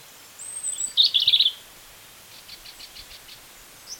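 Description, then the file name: European robin song: one short burst of high, jumbled twittering notes lasting about half a second, with a thin, very high whistle before it and faint notes afterwards. "Erithacus rubecula"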